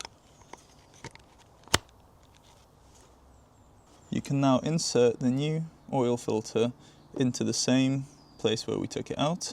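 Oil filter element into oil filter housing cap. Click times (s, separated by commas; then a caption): 1.8 s. A new oil filter element for a BMW F30 320d is pressed by hand onto the plastic oil filter housing cap, which has its rubber ring fitted, with the element's end pointing outwards. A few faint ticks lead up to a sharp click at 1.8 s as the element seats in the cap. After that, someone talks.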